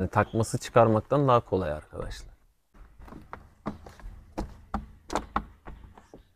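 Someone talks, then a car's side pillar trims, removed earlier, are handled for refitting by pressing their plastic push-in clips into the body, with a series of sharp plastic knocks and taps around 4.7, 5.2 and 5.4 seconds. Nothing has seated or clicked home yet.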